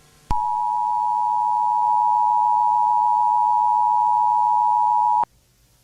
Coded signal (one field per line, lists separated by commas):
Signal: Emergency Alert System (SAME) tones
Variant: 853 and 960 Hz attention tone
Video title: EAS Scenario : The Gazers | Analog Horror